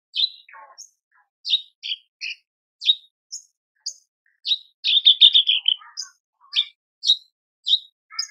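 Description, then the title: Horsfield's bush lark song of varied high chirps with a brief rapid trill midway. Training song (masteran) for cage birds, described as effective and super gacor (very active singing). "MASTERAN KICAUAN BRANJANGAN SUPER GACOR"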